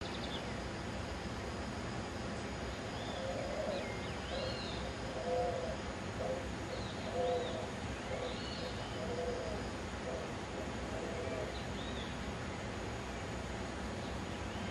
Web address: cantos palomancha